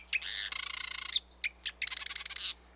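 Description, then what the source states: Marsh Wren song: two long buzzy, rattling trills of rapid repeated notes, each introduced by short sharp clicks, with a brief pause between. Ornithologist likened the song to air bubbles forcing their way through mud; males may sing straight through the night.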